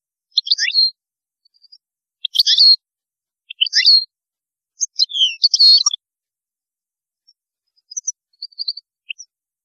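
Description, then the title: European goldfinch song: a string of short liquid twittering phrases, followed by softer scattered chirps. "Chant Chardonneret"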